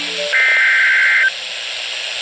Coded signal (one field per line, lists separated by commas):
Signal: Emergency Alert System (SAME) tones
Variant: header bursts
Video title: Severe Thunderstorm Warning - 03/15/16 (EAS #1,055)